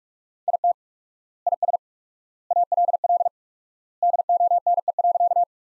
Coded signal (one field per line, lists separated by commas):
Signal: Morse code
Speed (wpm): 44 wpm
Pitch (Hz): 700 Hz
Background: none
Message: IT IS ALL DONE.